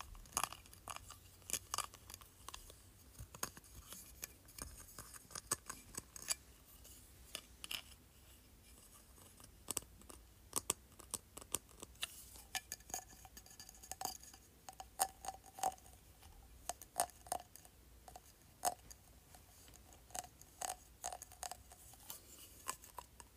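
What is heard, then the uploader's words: Light tapping on a plastic trophy, with sharp, bright clicks arriving in irregular bursts and scattered single taps across the whole recording. Some stretches are dense and quick, others sparse. A faint low hum sits underneath, and a thin ringing tone shows up briefly around the middle. ASMR Tapping Plastic Trophy.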